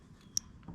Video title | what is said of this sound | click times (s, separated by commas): Broken sun visor fix Jeep Gladiator | press it back in there you're going to hear it | 0.4 s